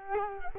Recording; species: mosquito wingbeat signal from an infrared sensor; Culex quinquefasciatus